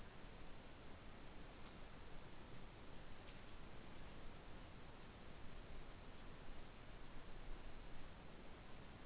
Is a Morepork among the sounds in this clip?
no